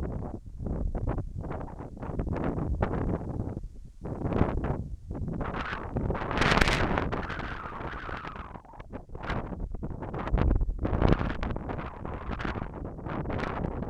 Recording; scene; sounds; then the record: everyday scene through a hearing-aid microphone; wind on the microphone; wind, whistling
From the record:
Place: in front of a rural house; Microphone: behind the ear, left, rear